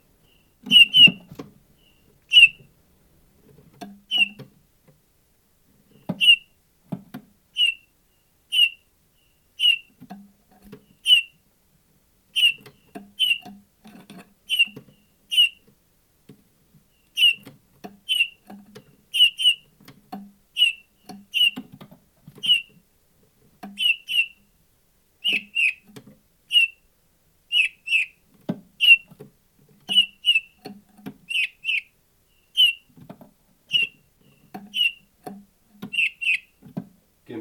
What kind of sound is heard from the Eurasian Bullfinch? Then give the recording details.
call. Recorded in captivity. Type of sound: call. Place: Bergen, Insel Rügen, Mecklenburg-Vorpommern, DE. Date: 1970-02-02. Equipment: Nagra III BH, Sennheiser MD 421. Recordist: Schubert, Michael. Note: Gartenstraße 21: intensives Locken eines gekäfigten Gimpels